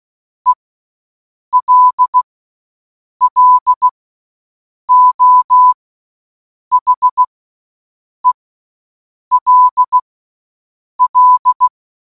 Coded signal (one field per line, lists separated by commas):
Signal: Morse code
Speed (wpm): 16 wpm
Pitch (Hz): 1000 Hz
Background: none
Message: ELLO HELL